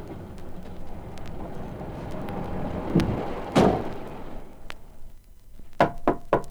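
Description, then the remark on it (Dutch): Three sharp, evenly spaced knocks on the wooden door of a woodcutter's hut ring out near the end, following a heavier thump, all over a steady rushing hiss like falling rain. “Net op de dag dat dit gebeurde, werd er geklopt aan de deur van het hutje van de houthakker.”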